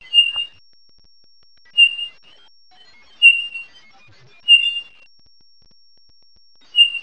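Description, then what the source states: Townsend's solitaire giving clear, mellow single whistled notes on one pitch, repeated at intervals, five calls in all, otherwise quiet. Townsend's solitaire recorded in northwestern California.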